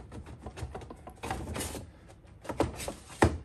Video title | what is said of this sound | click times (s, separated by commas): Milwaukee packout - handle modification | like that and that's in the locked up position | 3.2 s